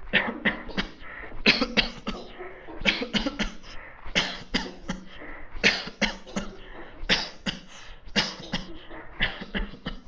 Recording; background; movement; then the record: voluntary coughing; a bystander coughing; walking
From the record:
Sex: male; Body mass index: 22.0 kg/m2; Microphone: on the chest, facing the body